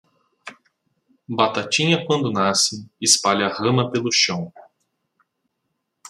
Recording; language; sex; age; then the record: short text; Brazilian Portuguese; male; 20 to 29 years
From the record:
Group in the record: control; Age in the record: 27 years